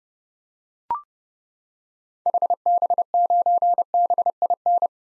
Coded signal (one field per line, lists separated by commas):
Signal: Morse code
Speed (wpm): 30 wpm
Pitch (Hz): 700 Hz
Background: none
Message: HB9BIN